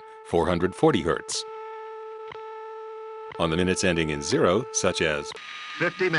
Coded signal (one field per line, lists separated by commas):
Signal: radio time signal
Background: speech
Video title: My Introduction to Shortwave Radio pgm. 2, 1968-70